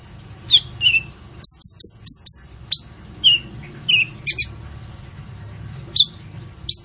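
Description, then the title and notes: Purple-throated sunbird song: sharp high notes alternating with lower slurred chirps, including a quick string of five short high notes. Training recording (masteran) for songbirds, full of fill phrases (isian) and bursts (tembakan), meant to draw out song from other birds; described as an actively singing bird (gacor). "MASTERAN KOLIBRI NINJA FULL ISIAN DAN TEMBAKAN COCOK BUAT PANCINGAN. Suara Burung Kolibri Ninja Gacor"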